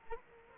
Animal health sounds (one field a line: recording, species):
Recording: mosquito wingbeat signal from an infrared sensor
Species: Culex quinquefasciatus